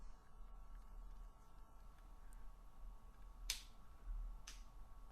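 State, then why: Seated. The embroidered fabric card wallet is folded shut and its press snap fasteners are pushed closed one after another. Two short, sharp snaps are heard, at 3.5 and 4.5 seconds, against a quiet background. Both snaps seat and the wallet closes.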